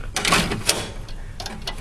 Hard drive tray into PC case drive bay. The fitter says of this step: just slide it in pops right into place